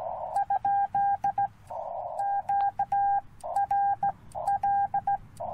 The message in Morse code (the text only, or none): ? QRL